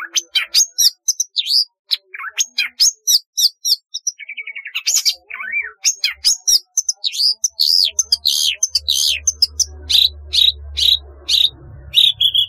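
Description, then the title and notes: Long-tailed shrike song: busy mix of sharp chips, sweeping whistles and scratchy notes in quick succession, with a low hum underneath in the second half. "Kicau Burung Cendet"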